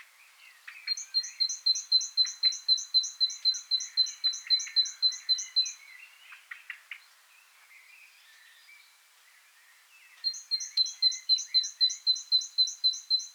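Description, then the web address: Great tit repeating a ringing two-note phrase in a long, even series, falling silent for several seconds, then starting again; other small birds twitter softly throughout. "SETE data Parus major"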